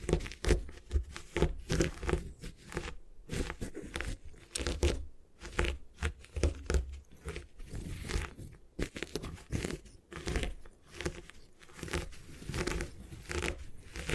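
Gym chalk being destroyed, with dense, irregular crunching and crumbling bursts running throughout. Sharp, gritty cracks come several times per second, mixed with lower thumps and rubbing, and loudness rises and falls unevenly with brief pauses.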